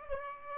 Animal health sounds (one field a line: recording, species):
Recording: mosquito wingbeat signal from an infrared sensor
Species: Aedes aegypti